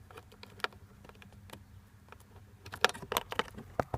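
A wire terminal pin is slid into a slot in the instrument cluster wiring connector, following a wiring diagram, and pushed until it clicks, while swapping a 2004–2005 Honda Civic instrument cluster into a 2001–2003 Civic. Light scattered ticks and rattles build into a cluster of sharper clicks from about 2.8 to 3.4 seconds. A distinct click at 3.8 seconds marks the pin seating in the housing.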